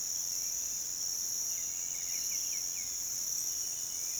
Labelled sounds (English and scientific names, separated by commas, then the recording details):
none
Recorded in pastures near Puerto Asís, Putumayo, Colombia, on 22 June 2025 at 06:00
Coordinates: 0.486, -76.323
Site H29